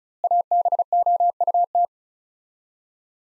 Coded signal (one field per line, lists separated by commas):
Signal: Morse code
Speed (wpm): 36 wpm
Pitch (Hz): 700 Hz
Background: none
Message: ABOUT